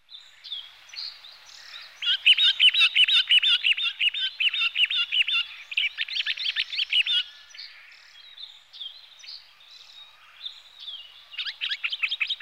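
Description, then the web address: Marsh grassbird singing a fast, buzzy chatter of high repeated notes, several per second, in long runs with pauses between. "megalurus pryeri"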